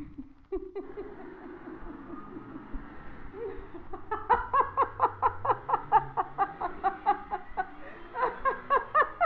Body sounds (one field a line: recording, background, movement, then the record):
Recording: laughter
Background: traffic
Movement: walking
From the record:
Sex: female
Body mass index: 21.8 kg/m2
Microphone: on the chest, facing the body